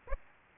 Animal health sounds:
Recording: mosquito wingbeat signal from an infrared sensor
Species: Aedes aegypti

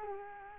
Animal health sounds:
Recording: mosquito wingbeat signal from an infrared sensor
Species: Culex quinquefasciatus

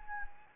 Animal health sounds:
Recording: mosquito wingbeat signal from an infrared sensor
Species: Anopheles arabiensis

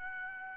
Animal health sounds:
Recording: mosquito wingbeat signal from an infrared sensor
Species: Aedes albopictus

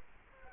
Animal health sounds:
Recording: mosquito wingbeat signal from an infrared sensor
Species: Culex quinquefasciatus

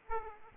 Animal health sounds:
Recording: mosquito wingbeat signal from an infrared sensor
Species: Aedes aegypti

